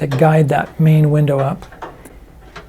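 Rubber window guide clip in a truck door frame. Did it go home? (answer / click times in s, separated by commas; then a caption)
released / 2.1 s, 2.6 s. Someone talks as a rubber window guide, one of the guides that steer the main window up, is pried out of the door frame of a 1978 Ford F250 truck. Two short pops are heard at 2.1 s and 2.6 s as the guide pops free, and it is released; the guide is judged worthless.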